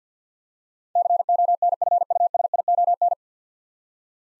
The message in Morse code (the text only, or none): CONFUSION